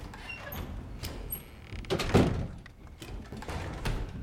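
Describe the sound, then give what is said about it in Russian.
A door swings shut with a muffled thunk around the middle as a father goes out, preceded by soft shuffling and rustling, followed by faint handling noises; no one speaks. “Отец выходит за дверь.”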